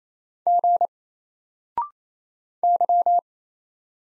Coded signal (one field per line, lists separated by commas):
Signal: Morse code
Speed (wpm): 28 wpm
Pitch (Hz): 700 Hz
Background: none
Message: G Y